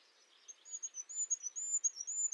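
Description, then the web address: Bird uttering a brisk series of piercing high chirps that grows louder toward the end. "birddata Deverinetal 2025"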